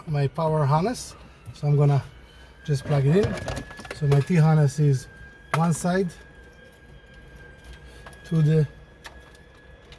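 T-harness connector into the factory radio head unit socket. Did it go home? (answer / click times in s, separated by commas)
yes / 9.9 s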